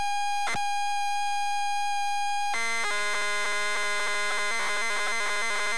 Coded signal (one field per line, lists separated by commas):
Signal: ZX Spectrum tape loading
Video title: ZX Spectrum New Zealand Story